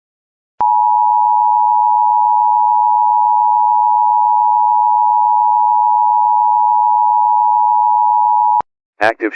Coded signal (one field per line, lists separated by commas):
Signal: Emergency Alert System (SAME) tones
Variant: 853 and 960 Hz attention tone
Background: speech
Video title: EAS Scenario - Brianna's Rampage (Remastered)